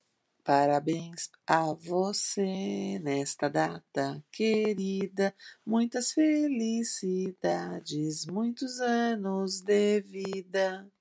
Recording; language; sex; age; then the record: short text; Brazilian Portuguese; female; 50 to 59 years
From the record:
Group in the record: control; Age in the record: 54 years